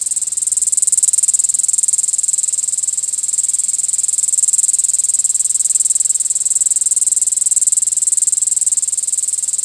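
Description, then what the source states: Cicada song, a steady, very high-pitched buzz pulsing rapidly without a break throughout. Missouri.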